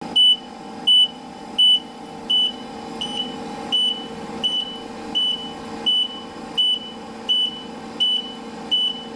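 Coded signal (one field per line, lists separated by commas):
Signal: alarm pattern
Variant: vehicle reversing beeper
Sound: thirteen short high beeps, evenly spaced, over a low idling engine rumble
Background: truck engine idling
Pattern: 13 short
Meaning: A vehicle is reversing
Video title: Reversing Truck beep, Sound Effect, reverse beeper, vehicle back up alarm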